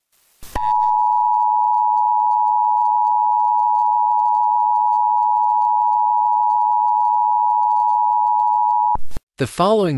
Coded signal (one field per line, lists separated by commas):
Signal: Emergency Alert System (SAME) tones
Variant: 853 and 960 Hz attention tone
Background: speech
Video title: EAS Scenario #2 | Uwucutesingle Virus | An EAS Scenario